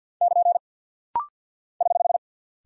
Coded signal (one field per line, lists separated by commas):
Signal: Morse code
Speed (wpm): 48 wpm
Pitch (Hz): 700 Hz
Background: none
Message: <KN> <HH>